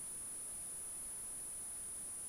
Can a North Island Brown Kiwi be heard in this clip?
no